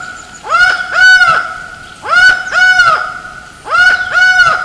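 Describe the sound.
Laughing falcon calling loudly in paired, rich harmonic notes that swoop up then level off, each pair repeated about every one and a half seconds.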